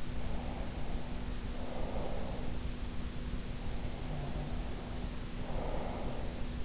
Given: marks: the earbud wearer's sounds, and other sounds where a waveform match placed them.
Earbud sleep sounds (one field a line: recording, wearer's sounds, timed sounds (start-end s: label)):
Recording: sounds in sleep by an in-ear microphone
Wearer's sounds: breath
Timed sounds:
0.08-2.70 s: breath
3.66-6.51 s: breath